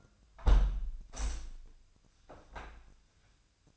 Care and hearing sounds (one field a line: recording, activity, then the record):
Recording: daily activity, microphone in the room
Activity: close window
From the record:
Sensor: 2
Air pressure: 997.8 hPa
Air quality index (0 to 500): 130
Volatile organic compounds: 3 ppm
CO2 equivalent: 1456 ppm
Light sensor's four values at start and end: 11/32/13/12 and 11/32/13/12